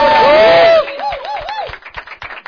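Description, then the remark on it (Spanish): An audience at a salsa music performance claps and applauds in a steady patter of hand claps, with a long sliding whistle at the start followed by three short rising-and-falling whistles over the clapping. “¡Un aplauso!”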